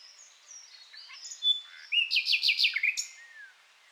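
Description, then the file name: Common nightingale song: thin high whistles, then a loud, rapid series of repeated rich notes, ending with a short descending phrase. "Luscinia megarhynchos"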